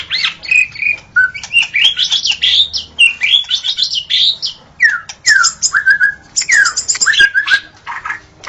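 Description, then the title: White-rumped shama song of fluty whistles, falling slurs and harsh chatter, sung almost without pause. Natural song of a forest white-rumped shama. "Kicau Asli Murai Batu Hutan"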